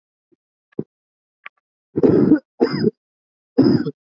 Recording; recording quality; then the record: heavy voluntary cough; excellent, no background noise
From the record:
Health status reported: healthy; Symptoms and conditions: cough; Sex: male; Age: 20 years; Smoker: not ticked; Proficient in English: yes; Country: India